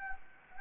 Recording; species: mosquito wingbeat signal from an infrared sensor; Anopheles gambiae